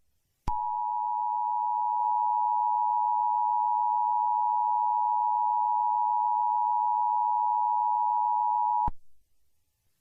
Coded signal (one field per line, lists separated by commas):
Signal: Emergency Alert System (SAME) tones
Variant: 853 and 960 Hz attention tone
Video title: EAS Scenario #18 : Sea Level Rise Outbreak (Requested by: @ImperialKentucky2022)